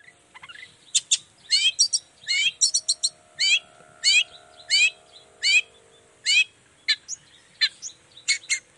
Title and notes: Cendet Gacor Dor Di Kala Pagi Toet Toet Variasi Suara. Cendet Gacor Pagi Hari. Burung cendet